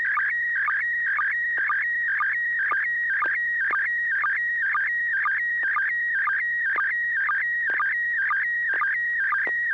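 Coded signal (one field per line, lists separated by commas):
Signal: SSTV (slow-scan television)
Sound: warbling tone around 2 kHz with a short low blip about twice a second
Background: low steady hum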